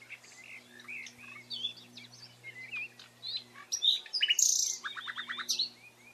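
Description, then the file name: Common nightingale singing rich, varied notes and trills over a low steady hum, building to a louder rapid churring phrase near the end. "Luscinia megarhynchos"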